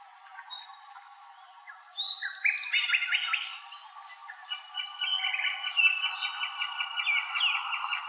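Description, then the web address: Sinaloa wren: faint high notes, then series of rapid repeated notes that continue for several seconds. Recorded by Deviche, file dated 090308, in an Arizona Field Ornithologists sound library of wrens, kinglets and gnatcatchers. "Sound Library Wrens Kinglets Gnatcatchers AZFO SIWR deviche 090308"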